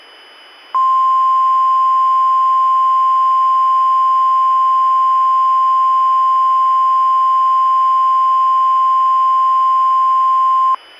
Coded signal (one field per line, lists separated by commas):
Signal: Emergency Alert System (SAME) tones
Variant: 1050 Hz attention tone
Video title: EAS Mock: The Ultimate Tennesee Mockery